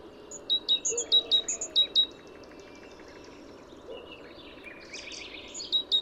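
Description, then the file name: Great tit giving a fast run of paired high-low notes for about a second and a half, other birds twittering afterwards, then a few more paired notes near the end. "Parus major"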